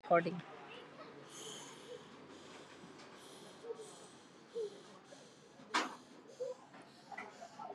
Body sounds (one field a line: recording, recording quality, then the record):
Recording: shallow breathing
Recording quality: moderate, slight background noise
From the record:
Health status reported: exposed to COVID-19, no respiratory illness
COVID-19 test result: negative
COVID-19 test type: RT-PCR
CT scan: not taken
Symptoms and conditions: none ticked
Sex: female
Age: 23 years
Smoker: no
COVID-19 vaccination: both doses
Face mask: worn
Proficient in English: yes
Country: India